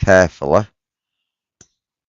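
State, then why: Released. Someone talks, then after a stretch of silence the plastic retaining clip of an electronic device's top cover gives a single sharp click at 1.6 s as the cover is carefully pried off after the screen ribbon has been disconnected. The clip releases and the case top pops open.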